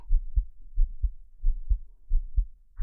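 A live heartbeat heard with the ear pressed against a woman's chest: an adult heart beating steadily, low-pitched thumps.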